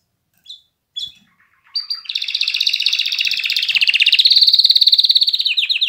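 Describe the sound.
Canary song opens with a few short chips, then breaks into a loud, continuous high rolling trill lasting several seconds.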